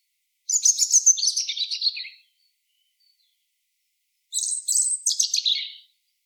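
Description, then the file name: European robin song: two high, tumbling warbled phrases of thin whistles and trills, separated by a silent pause. "Erithacus rubecula"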